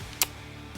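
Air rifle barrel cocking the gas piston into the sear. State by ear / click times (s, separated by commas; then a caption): seated / 0.2 s. A BSA Super Meteor break-barrel gas-piston air rifle has its barrel pulled down until the cocking mechanism catches the gas piston in the sear. A single sharp click at 0.2 s sounds over a faint low hum. The cocking latch is confirmed seated.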